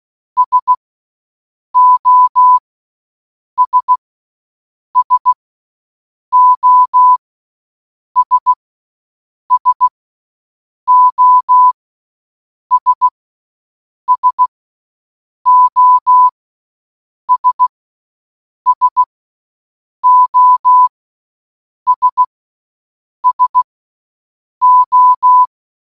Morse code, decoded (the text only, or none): SOS SOS SOS SOS SOS SO